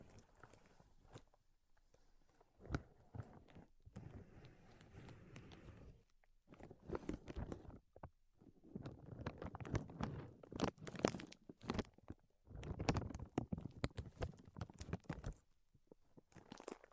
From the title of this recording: Tapping, Scratching, and Tracing Sounds